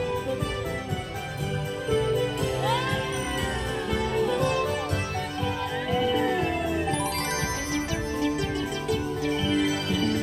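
The Main Street Electrical Parade plays as a dense, steady wash of bouncy electronic music with a pulsing low beat. Gliding synth tones swoop up and down through the middle, most noticeably from about three to seven seconds, over a constant level throughout.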